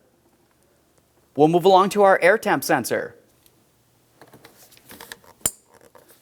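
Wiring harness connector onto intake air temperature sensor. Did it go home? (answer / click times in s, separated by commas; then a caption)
yes / 5.5 s. A wiring harness connector is pressed onto the intake air temperature sensor of a 1998-2002 Lincoln Navigator while someone talks. Quiet handling rustles and small taps follow, then a sharp latch click at 5.5 seconds shows the connector is seated.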